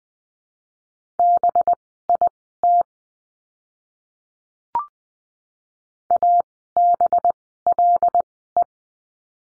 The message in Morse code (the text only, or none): BIT ABLE